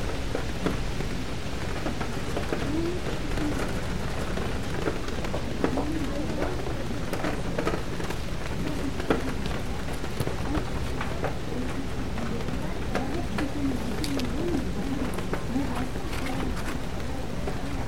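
Rain patters steadily on a bookstore window, a dense, even hiss with scattered sharper taps throughout. Underneath runs a low, constant rumble, and faint murmuring voices rise and fall softly at several points, especially around six and fourteen seconds.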